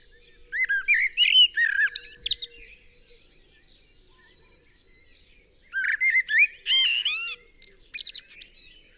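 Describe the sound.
Common blackbird song: two phrases, each opening with low fluty warbled notes and ending in a squeaky, high twitter, separated by about three seconds of quiet.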